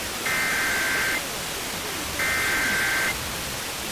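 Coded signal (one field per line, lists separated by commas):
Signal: Emergency Alert System (SAME) tones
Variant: header bursts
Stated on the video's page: New Jersey monthly test received via SDR over 110 miles from the transmitter during a fading tropospheric-ducting opening; poor audio quality.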